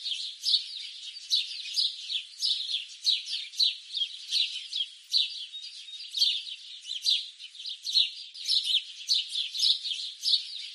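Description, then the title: Birds calling together in a busy, unbroken chorus of sharp, high-pitched chirps and squeaks, pulsing irregularly throughout. "pajaros"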